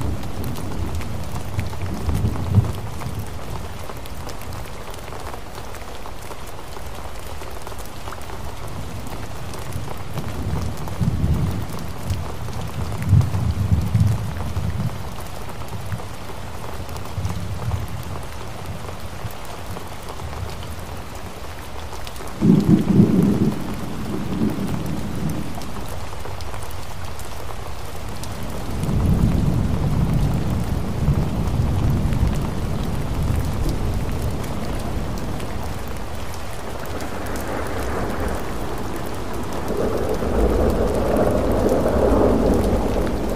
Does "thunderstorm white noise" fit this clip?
yes